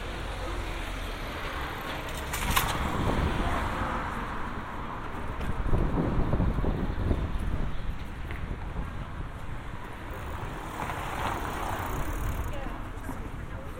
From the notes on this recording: A binaural field recording from this past June in Amsterdam